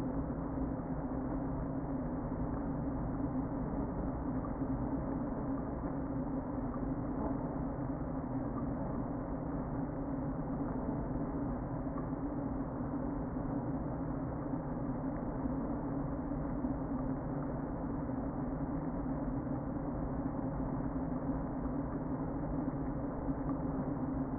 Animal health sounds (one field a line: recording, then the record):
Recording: honeybee colony, microphone inside the hive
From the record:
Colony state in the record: queen present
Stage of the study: before two queens were removed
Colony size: about 60,000 bees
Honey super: yes